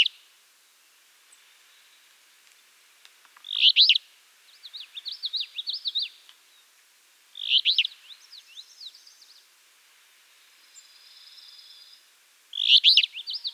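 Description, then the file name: Alder flycatcher: three coarse, buzzy phrases about four to five seconds apart, the first two followed by quick, chattering warbles. "Empidonax alnorum - Alder Flycatcher"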